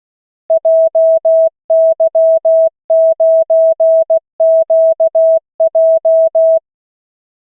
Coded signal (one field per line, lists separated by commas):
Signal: Morse code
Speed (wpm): 16 wpm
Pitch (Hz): 650 Hz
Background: none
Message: JY9QJ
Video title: Learning morse code - LCWO Callsign practice - 16 WPM